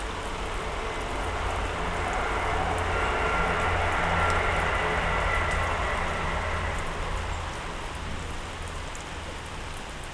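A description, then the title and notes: Rain in a garden makes a dense, steady hiss over a low rumble that swells midway, like a passing vehicle, then fades. A stereo recording of rain in my garden.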